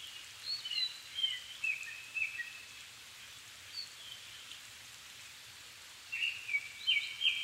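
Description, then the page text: Japanese thrush producing a phrase of varied whistled notes, a pause, then another run of fluty slurred whistles. Recorded 7 May 2011 at 17:59, altitude 270 m, with a Sony PCM-D50 and Panasonic WM-61A microphone. "kurotugumi 20110507-1759. Turdus cardis [Sounds -Nikko Today-]"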